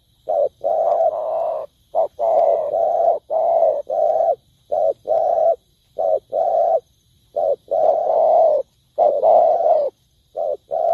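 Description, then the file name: Spotted dove giving dense, low cooing phrases. Short and drawn-out coos run together almost continuously, with only brief pauses between them. Cooing (Vietnamese: gáy). "tieng cu dat gay"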